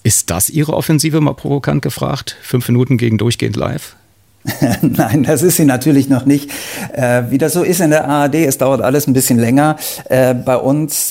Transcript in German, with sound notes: Ist das Ihre Offensive, mal provokant gefragt, fünf Minuten gegen durchgehend live?
(Lacht) Nein, das ist sie natürlich noch nicht. Wie das so ist in der ARD: Es dauert alles ein bisschen länger bei uns.